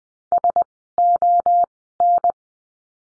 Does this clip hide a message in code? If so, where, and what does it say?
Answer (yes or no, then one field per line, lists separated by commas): yes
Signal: Morse code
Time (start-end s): 0.3-2.3 s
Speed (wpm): 20 wpm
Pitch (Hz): 700 Hz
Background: none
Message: SON